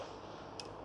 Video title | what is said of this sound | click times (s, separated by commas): Карабин Тигр - разборка и сборка. Нюансы и особенности | Здесь он легко защелкивается вручную . Слегка натяните и защелкните | 0.6 s